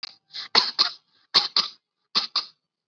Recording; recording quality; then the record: shallow voluntary cough; moderate, slight background noise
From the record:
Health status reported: COVID-19 positive, mild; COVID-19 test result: positive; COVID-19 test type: RT-PCR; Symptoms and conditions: cough, fever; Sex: female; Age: 65 years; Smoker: no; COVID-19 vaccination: both doses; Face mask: worn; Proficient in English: yes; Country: India